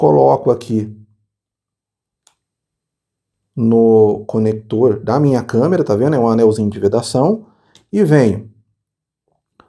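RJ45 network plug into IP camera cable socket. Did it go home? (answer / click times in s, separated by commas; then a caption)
yes / 9.6 s. An RJ45 network cable plug is pushed into an IP camera's cable connector, which already has a sealing ring fitted on it. Someone talks through most of the clip, and a brief click is heard at 2.3 s. The plug clicks and locks into place at 9.6 s.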